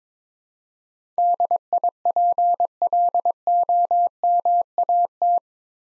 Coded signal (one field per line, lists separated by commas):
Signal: Morse code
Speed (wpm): 22 wpm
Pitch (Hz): 700 Hz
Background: none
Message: DIPLOMAT